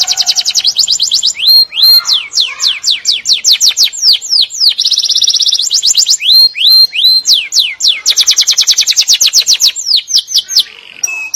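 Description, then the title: Atlantic canary song, a continuous run of rapid high trills, shifting between fast buzzy rolls and series of sharp downward-sweeping whistled notes, with almost no pauses. "Kenari"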